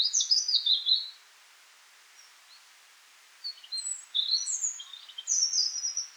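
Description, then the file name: European robin with a quick high warbled phrase, a long pause, then scattered thin notes and sharp high twittering fragments, ending in another brief squeaky phrase. "Erithacus rubecula"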